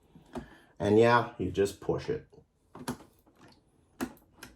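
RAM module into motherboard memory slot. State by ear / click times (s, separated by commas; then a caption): seated / 4.0 s. A RAM memory stick is pushed down into a motherboard DIMM slot while someone talks. After the talking, the retention clip snaps shut with a sharp click at 4.0 s, and a softer tick follows at about 4.4 s. The stick is seated and locked into the slot.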